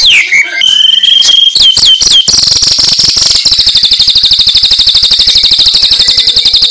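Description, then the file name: White-rumped shama song: sharp descending whistled notes, then from about two seconds a long, rapid, rattling trill of high buzzy notes to the end. "suara burung murai"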